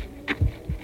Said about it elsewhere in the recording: We hear the first signs of human life. A heartbeat.